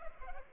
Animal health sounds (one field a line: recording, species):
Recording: mosquito wingbeat signal from an infrared sensor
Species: Culex pipiens